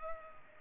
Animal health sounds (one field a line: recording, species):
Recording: mosquito wingbeat signal from an infrared sensor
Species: Culex pipiens